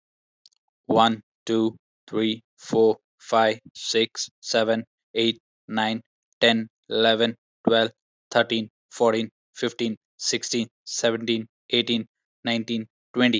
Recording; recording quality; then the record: counting at a normal pace; excellent, no background noise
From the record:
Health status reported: healthy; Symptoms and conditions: none ticked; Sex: male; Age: 25 years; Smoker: not ticked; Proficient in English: yes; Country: India